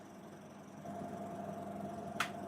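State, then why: Seated. An M.2 SSD is pushed into the M.2 slot on a motherboard. A steady low hum and tone run underneath until a short, sharp click at 2.2 s shows the drive has seated in the slot.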